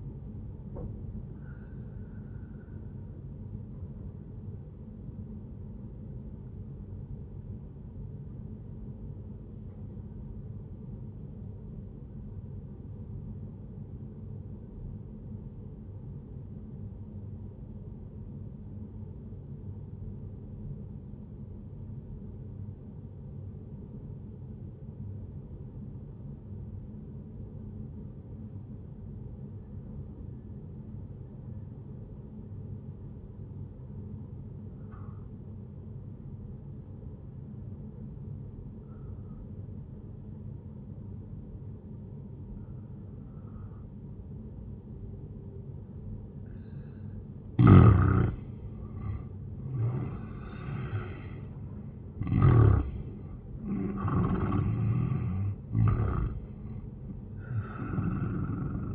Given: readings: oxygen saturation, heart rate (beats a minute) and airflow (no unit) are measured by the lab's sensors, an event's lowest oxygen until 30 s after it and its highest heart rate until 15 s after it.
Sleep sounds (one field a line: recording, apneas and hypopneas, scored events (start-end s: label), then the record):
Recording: breathing in sleep by a smartphone at the bedside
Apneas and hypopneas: 1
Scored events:
6.00-45.10 s: obstructive apnea (N1, oxygen 97% highest, then 89% lowest)
11.00-41.00 s: new sleep stage, N2 (light sleep)
41.00-58.95 s: new sleep stage, N1 (lightest sleep)
From the record:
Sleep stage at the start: N1 (lightest sleep)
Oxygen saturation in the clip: 87 to 97%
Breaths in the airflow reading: 3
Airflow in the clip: -12.1 to 15.6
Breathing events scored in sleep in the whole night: 131 in 7.2 hours asleep